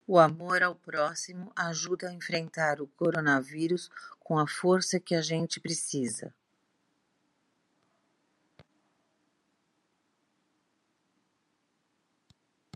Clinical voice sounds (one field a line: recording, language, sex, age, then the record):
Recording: spoken sentence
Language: Brazilian Portuguese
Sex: female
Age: 50 to 59 years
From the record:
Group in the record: control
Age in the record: 56 years